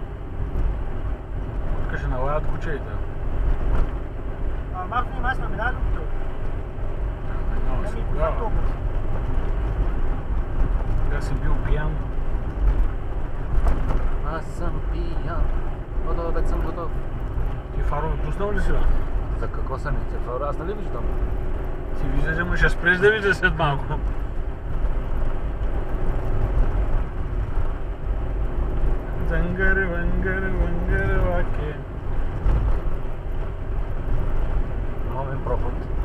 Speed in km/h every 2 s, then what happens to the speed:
68, 68, 68, 68, 68, 68, 67, 68, 65, 65, 66, 68, 66, 66, 66, 67, 68, 66.
0-36 steady at about 67.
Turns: none.